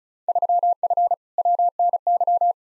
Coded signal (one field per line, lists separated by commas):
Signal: Morse code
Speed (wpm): 36 wpm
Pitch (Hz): 700 Hz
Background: none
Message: 3F WNY